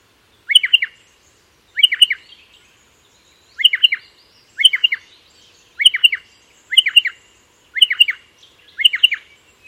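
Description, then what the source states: Striated Pardalote call, sharp high chip notes in short bursts, eight crisp bursts at intervals of one to two seconds against a quiet background. Recorded in Dryandra Woodland National Park, Wheelman Country, Western Australia, by Mark Anderson; call can differ slightly by location.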